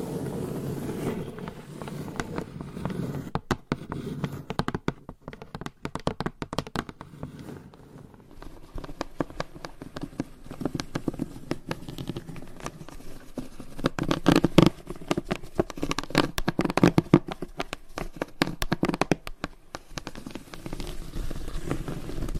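Long nails tap and scratch on hollow boxes in dense, irregular bursts of sharp clicks, with a hollow low resonance under them. The tapping thins out briefly around five and eight seconds, then picks up again, busiest and loudest around fifteen seconds.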